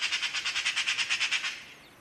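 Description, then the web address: Bird giving a rapid series of many harsh, buzzy notes over about one and a half seconds, then tailing off into quiet. "Bird Only More Classes Pi Pi Pi Pi"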